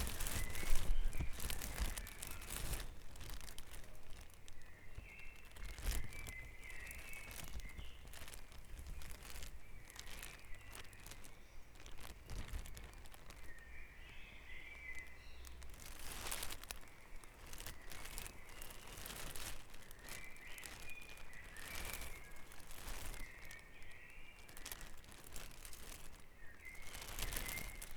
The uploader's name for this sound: Dawn Chorus // Back Dragon Avenue, Harrogate